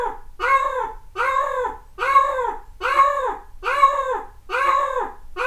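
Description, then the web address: Cat meowing repeatedly, arched, drawn-out meows rising then falling in pitch, each under a second long and coming almost back to back. Dated 1 May 2008, also marked 0841. "cat cat 20080501-0841"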